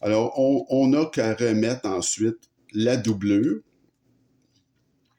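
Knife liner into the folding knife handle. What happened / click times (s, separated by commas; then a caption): The knife liner is being placed but has not yet clicked into the handle / none. A liner is placed back onto the handle of a CIVIVI Baklash folding knife, positioned before being pressed down to seat it. Someone talks for most of the clip, then it goes quiet after about 3.6 seconds, with no hits or impacts. Nothing has seated or clicked yet.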